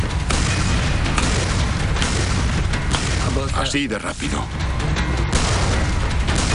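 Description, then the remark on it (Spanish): Loud, dense tank cannon fire in the Battle of Normandy: heavy high-explosive rounds boom in rapid succession as the gun fires, recoils and is reloaded again and again, with a man speaking briefly over the din. “El arma disparaba, retrocedía, se cargaba, disparaba, retrocedía.”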